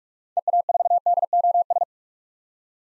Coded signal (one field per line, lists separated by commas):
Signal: Morse code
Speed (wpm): 41 wpm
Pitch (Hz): 700 Hz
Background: none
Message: EA4DOS